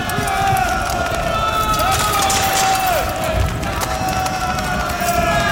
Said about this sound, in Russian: Юнкера, размахивая оружием, бегут по коридорам и залам училища к выходу.